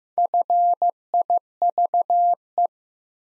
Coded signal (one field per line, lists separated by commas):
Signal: Morse code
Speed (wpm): 15 wpm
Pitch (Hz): 700 Hz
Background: none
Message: FIVE